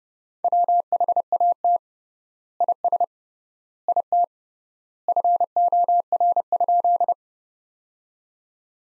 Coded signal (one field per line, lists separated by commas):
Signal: Morse code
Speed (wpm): 30 wpm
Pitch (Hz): 700 Hz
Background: none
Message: WHAT IS IT FOR?